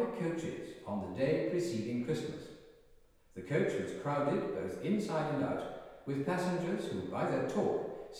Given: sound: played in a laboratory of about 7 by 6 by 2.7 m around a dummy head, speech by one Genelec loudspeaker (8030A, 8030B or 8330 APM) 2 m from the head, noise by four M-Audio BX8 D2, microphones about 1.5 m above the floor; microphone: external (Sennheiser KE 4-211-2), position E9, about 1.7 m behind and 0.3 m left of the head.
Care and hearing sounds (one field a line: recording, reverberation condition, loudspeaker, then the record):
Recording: male speech in English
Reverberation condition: high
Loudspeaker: 90 degrees to the right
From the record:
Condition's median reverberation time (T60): about 1300 ms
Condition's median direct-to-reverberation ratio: about -4.0 dB